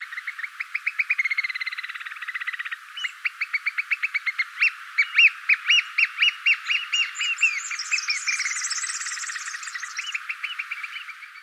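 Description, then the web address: Bird calling in a long rapid series of sharp repeated notes, slowing into louder separate notes, then breaking into higher squeaky chatter toward the end. Australian bird. "Sound Effects-Foundation 1 BIRD AUS BIRD 03 CALL"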